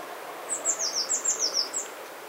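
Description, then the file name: Eurasian blue tit giving a fast string of about nine high-pitched, thin, downslurred notes at an even pace, with faint background noise. "Cyanistes caeruleus"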